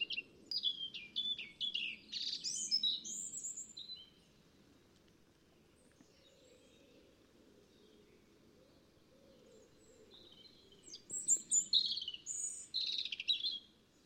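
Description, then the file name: European robin singing scratchy, tumbling high phrases, pausing about six seconds in faint background hiss, then another burst of thin rapid notes. "Erithacus rubecula"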